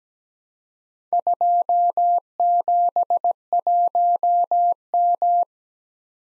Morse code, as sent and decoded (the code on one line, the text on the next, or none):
..--- --... .---- --
271M